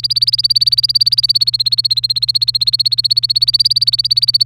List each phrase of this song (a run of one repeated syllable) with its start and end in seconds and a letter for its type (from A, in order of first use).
0.00-4.46 A